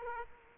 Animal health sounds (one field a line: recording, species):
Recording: mosquito wingbeat signal from an infrared sensor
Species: Aedes aegypti